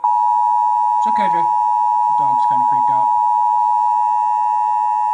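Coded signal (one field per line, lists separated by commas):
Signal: Emergency Alert System (SAME) tones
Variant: 853 and 960 Hz attention tone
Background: speech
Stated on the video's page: First nationwide National Periodic Test received on TV and FM stations, tones from WRVT-FM, WRGB television and WAMC-FM.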